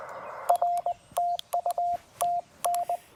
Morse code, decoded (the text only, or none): R TU TN